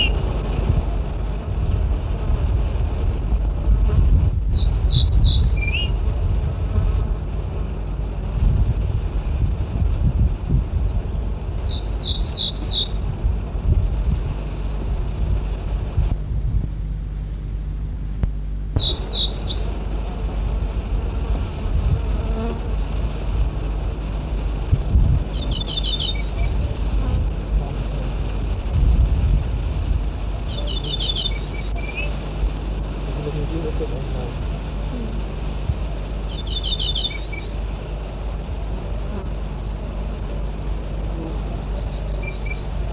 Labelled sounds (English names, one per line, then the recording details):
Ortolan Bunting song
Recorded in the wild
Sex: male
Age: adult
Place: Primorsko, Burgas, BG
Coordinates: 42.2667, 27.75
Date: 1968-06-01
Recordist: Stiefel, Arnd